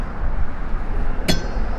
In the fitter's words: there's that click and there is that tab seated now your wiper blades in place you can put that down